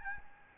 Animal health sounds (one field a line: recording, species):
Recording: mosquito wingbeat signal from an infrared sensor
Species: Aedes albopictus